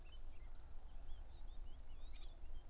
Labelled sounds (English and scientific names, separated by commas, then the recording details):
Eurasian Blackcap (Sylvia atricapilla)
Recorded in Germany
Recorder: ecoPi